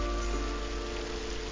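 Heavy monsoon rain in October pours down on the tropical rainforest of Borneo in a steady, dense roar, a constant wash of noise with no breaks and no voices.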